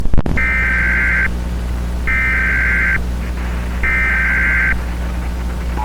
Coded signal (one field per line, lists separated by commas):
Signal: Emergency Alert System (SAME) tones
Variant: header bursts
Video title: Mini EAS Scenario: "They came from Mars"